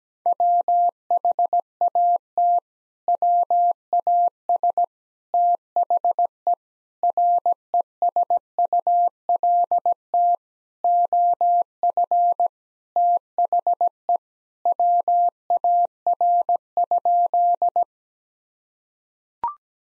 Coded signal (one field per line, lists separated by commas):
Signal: Morse code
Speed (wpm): 17 wpm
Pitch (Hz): 700 Hz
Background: none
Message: WHAT WAS THE RESULT OF THE WAR?